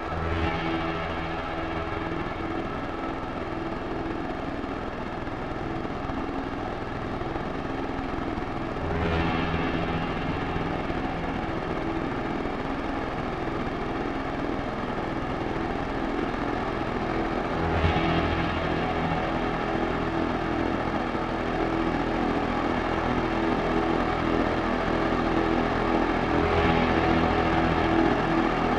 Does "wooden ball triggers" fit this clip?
no